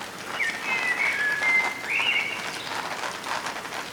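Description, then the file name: Common blackbird singing a fluted, warbled whistled phrase lasting about two seconds, sliding between pitches, over a steady hiss like rain. "Turdus merula"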